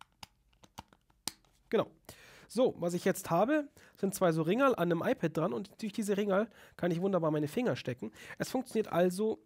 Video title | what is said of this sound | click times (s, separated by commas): DigitalUpgrade S02E25 - iPad Stands | Reindrücken und dann nach unten einschnappen lassen, wenn ich auf das Knöpfchen drücke wahrscheinlich. | 1.3 s